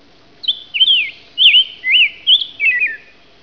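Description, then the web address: Bird singing a run of six short, high whistled phrases, each swooping up and down. "特酷声音素材库 动物 鸟 Bird"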